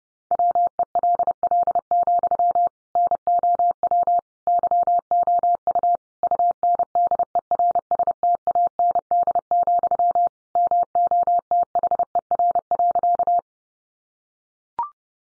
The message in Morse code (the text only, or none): WELL, NOW YOU UNDERSTAND, MOTHER.